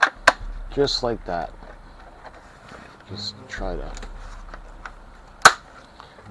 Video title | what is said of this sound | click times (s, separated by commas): Playmates STAR TREK The Next Generation Electronic Starship Enterprise (1992) | it clicks into place | 5.5 s